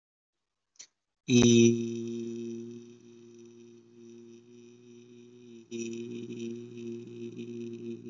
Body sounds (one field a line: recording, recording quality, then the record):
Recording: sustained vowel as in beet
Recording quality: excellent, no background noise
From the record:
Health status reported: healthy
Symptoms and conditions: none ticked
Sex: male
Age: 23 years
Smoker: not ticked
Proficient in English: yes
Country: India